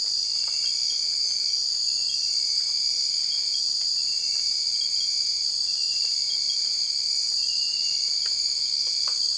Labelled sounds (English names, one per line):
none